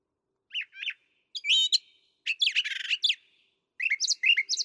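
Brown thrasher delivering a two-note pair, a whistled note, a long buzzy rattle, then a quick run of repeated chirps.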